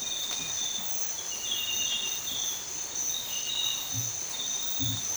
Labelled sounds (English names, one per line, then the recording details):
none
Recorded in dense forest near Puerto Asís, Putumayo, Colombia, on 20 December 2024 at 06:00
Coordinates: 0.467, -76.328
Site GP05